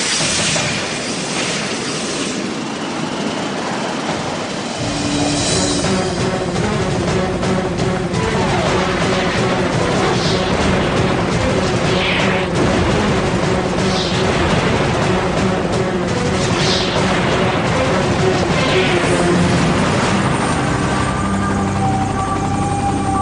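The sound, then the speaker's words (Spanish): A loud, steady rescue helicopter roar with whining engine tones and dense rumbling noise that holds for the whole stretch as MiG-29 fighter jets fire on it, brief rising sweeps flaring over it and no voices. “De pronto, sin previo aviso, los MiG-29 disparan al helicóptero de rescate.”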